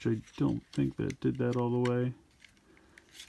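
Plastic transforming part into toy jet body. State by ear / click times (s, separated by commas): seated / 3.0 s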